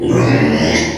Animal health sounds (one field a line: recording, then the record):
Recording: squeal of a Yucatan mini pig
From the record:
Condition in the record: before surgery on the right vocal fold (resection and tissue-engineered implant)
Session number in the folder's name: 2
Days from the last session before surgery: 0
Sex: male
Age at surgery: 12 weeks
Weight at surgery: 13 kg